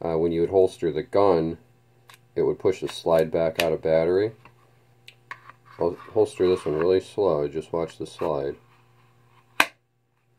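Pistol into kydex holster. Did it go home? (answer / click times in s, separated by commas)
yes / 9.6 s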